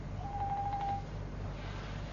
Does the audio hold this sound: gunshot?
no